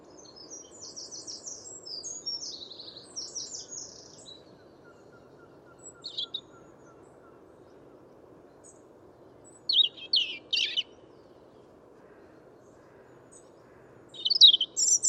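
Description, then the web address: European robin giving scattered high warbling phrases: a tumbling twitter at first, then short thin bursts several seconds apart, over quiet low hum. "Deverinetal 2025 File origin Bird Only Er Ru"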